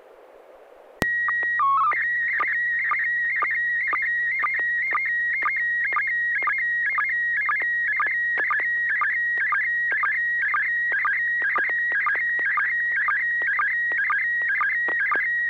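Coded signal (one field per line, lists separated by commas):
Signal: SSTV (slow-scan television)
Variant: PD 120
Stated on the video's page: SSTV net on an FM repeater on 441.300 MHz, using MMSSTV software.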